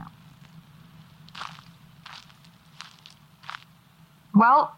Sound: footsteps over gravel and leaves

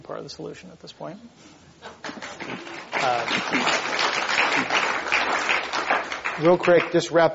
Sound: applause

